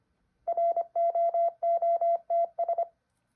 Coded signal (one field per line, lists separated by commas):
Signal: Morse code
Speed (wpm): 25 wpm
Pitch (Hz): 680 Hz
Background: none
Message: ROOTS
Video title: How to practice Morse code